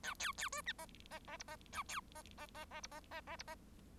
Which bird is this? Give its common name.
Bengalese Finch